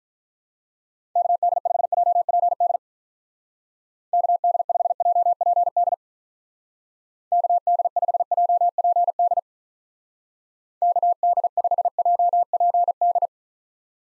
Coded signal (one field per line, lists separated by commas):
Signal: Morse code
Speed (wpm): 44 wpm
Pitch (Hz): 700 Hz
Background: none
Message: KD5JPD KD5JPD KD5JPD KD5JPD